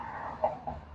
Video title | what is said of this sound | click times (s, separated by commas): Gr Corolla Circuit Edition horn upgrade. (how to, plug and play) | top or bottom doesn't really matter it clicks right in | 0.4 s